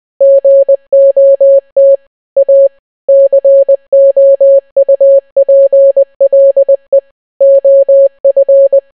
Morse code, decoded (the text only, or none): GOT A COUPLE OF